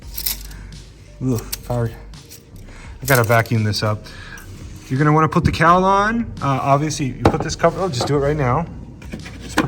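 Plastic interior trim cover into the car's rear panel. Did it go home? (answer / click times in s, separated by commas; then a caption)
yes / 9.6 s. A plastic interior trim cover is pushed back into the rear panel of a BMW F30 after replacing the rear 12 V power port fuse. Someone talks throughout, with faint handling rattles, until the cover snaps into place with one sharp click at 9.6 s.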